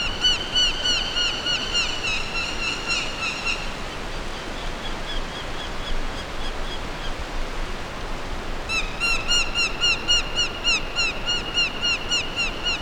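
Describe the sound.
Orange-breasted falcon calls: rapid harsh repeated notes in fast series, pausing midway then resuming, over loud steady rushing noise.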